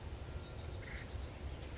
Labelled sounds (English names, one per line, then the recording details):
Acorn Woodpecker
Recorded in Sonoma County, California